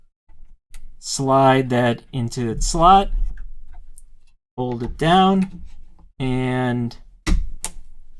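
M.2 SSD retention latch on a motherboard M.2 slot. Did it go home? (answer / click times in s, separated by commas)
yes / 7.3 s, 7.6 s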